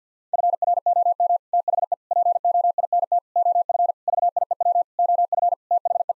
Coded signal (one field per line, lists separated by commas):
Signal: Morse code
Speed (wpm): 50 wpm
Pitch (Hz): 700 Hz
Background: none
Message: FROM THE POINT OF VIEW OF THE